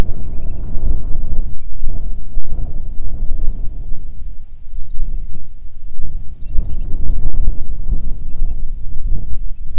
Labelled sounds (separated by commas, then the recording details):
bird, wind
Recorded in the Arctic National Wildlife Refuge, Alaska, on 9 July 2019 at 22:02
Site 48